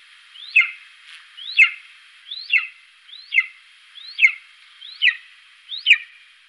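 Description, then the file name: Golden eagle uttering thin, whistled squeals that rise then drop sharply, repeated roughly once a second in a steady series over faint background hiss. "Kungsörn"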